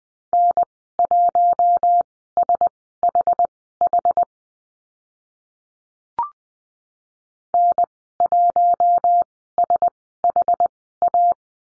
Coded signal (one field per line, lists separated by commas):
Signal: Morse code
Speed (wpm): 20 wpm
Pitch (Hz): 700 Hz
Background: none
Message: N1SHH N1SHA